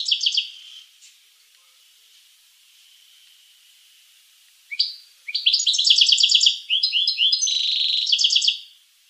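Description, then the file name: Finch song: a brief burst of buzzy, stacked notes, a long pause, then rapid chattering trills and rolling phrases high in pitch for several seconds. "sing finch mouth lor"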